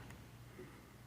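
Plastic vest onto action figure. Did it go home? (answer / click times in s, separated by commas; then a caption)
yes / 0.1 s. A plastic gear vest is pressed back onto an action figure's torso and snaps into place. A faint, short snap is heard at 0.1 s against low background noise, and the vest is seated.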